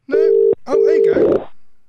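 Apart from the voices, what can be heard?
landline telephone ringing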